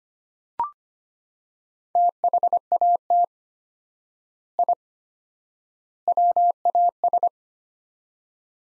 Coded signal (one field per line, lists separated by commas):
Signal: Morse code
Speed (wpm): 25 wpm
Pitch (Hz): 700 Hz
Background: none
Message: THAT I WAS